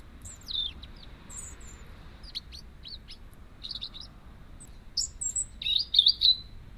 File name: verso subsong passera scopaiola prunella modularis Dunnock acentor Heckenbraunelle